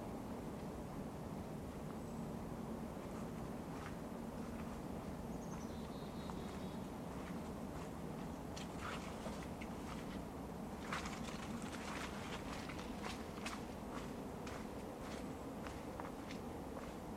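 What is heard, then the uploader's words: A winter forest park with a steady low rumble of traffic, and crunching footsteps on snow growing busier after eight seconds. Forest Park in Winter.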